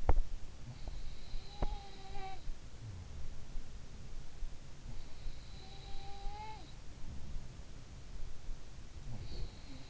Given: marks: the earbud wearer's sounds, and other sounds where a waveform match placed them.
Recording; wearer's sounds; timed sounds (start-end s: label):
sounds in sleep by an in-ear microphone; teeth grinding
0.00-1.84 s: teeth grinding
0.62-3.65 s: sound from someone else or the room
4.71-7.81 s: sound from someone else or the room